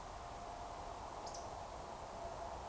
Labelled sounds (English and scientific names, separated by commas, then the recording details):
Eurasian Woodcock (Scolopax rusticola) whistle
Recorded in Baden-Württemberg, Germany, on 15 June 2020 at 02:23 UTC
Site 43791, 788 m above sea level